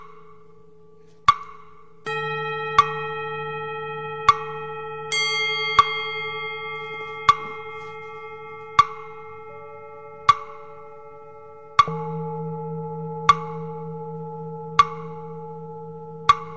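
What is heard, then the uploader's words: A singing bowl is struck about every one and a half seconds, each sharp strike ringing into a long, steady, overlapping hum. The sound of the bowl.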